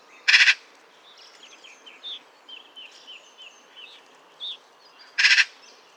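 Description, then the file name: Eurasian magpie's harsh rattling chatter, two loud bursts about five seconds apart, with a smaller bird's soft, varied twittering notes continuing quietly between them. "Pica pica"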